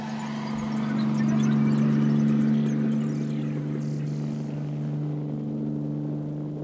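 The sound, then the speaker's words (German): A distant police patrol helicopter glides down between rooftops and then veers off in an arc, its low tonal rotor hum droning like a blowfly for several seconds, swelling slightly before easing off a little, with no voices. “In der Ferne glitt ein Helikopter zwischen den Dächern herunter, brummte einen Augenblick wie eine Schmeißfliege und strich dann in einem Bogen wieder ab.”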